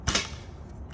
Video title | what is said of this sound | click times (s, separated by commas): ATENCIÓN colegas mecánicos, mucho cuidado con este detalle al armar un motor de vocho | giramos hasta que haga click ahí hizo clic ahí está ahí | 0.1 s